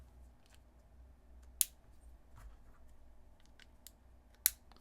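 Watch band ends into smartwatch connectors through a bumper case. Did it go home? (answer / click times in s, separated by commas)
yes / 1.6 s, 4.5 s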